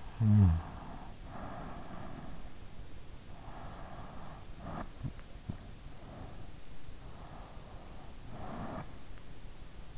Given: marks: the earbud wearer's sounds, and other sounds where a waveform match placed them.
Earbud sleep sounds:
sounds in sleep by an in-ear microphone; snoring breath, breath
0.00-2.56 s: snoring breath
7.37-9.60 s: breath

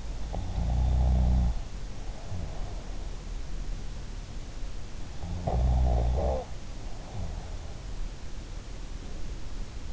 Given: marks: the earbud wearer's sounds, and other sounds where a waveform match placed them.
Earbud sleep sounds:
sounds in sleep by an in-ear microphone; snoring breath
0.00-2.44 s: snoring breath
5.20-7.58 s: snoring breath

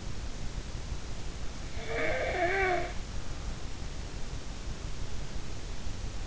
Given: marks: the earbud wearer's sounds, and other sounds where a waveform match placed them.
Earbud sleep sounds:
sounds in sleep by an in-ear microphone; snoring breath
1.77-2.91 s: snoring breath

